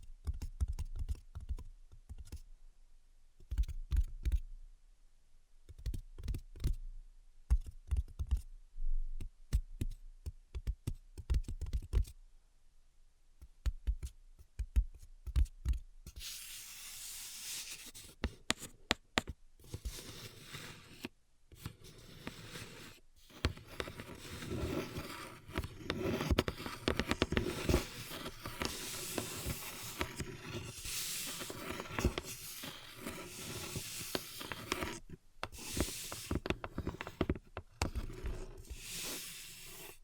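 Invisible tapping and scratching: for the first sixteen seconds, sparse quick taps with silent gaps between them. After that a dense, bright scratching takes over and runs almost continuously to the end, broken by a few brief pauses and steady soft thuds underneath.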